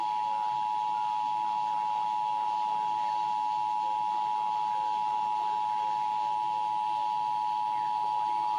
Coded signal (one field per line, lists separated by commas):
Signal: Emergency Alert System (SAME) tones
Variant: 853 and 960 Hz attention tone